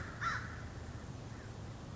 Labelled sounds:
American Crow
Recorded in Sonoma County, California

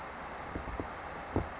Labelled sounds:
Western Flycatcher
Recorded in Sonoma County, California

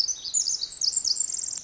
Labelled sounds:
Pacific Wren
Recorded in Sonoma County, California

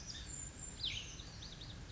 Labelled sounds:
Brown Creeper
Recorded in Sonoma County, California

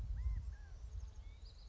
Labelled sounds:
California Quail
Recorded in Sonoma County, California

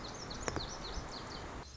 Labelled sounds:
Lazuli Bunting
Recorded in Sonoma County, California

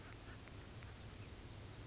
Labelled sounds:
Oak Titmouse
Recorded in Sonoma County, California

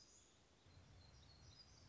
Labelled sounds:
Black-throated Gray Warbler
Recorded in Sonoma County, California

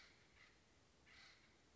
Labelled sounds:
Acorn Woodpecker
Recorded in Sonoma County, California

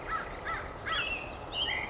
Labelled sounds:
American Crow
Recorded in Sonoma County, California

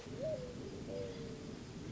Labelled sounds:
Mourning Dove
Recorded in Sonoma County, California

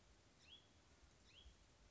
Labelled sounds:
Hutton's Vireo
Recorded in Sonoma County, California

